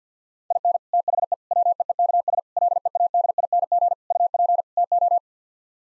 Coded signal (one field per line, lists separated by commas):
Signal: Morse code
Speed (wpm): 50 wpm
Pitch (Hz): 700 Hz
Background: none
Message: IN THE WEEKS LEADING UP TO